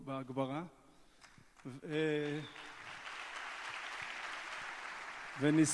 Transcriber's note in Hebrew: מחיאות כפים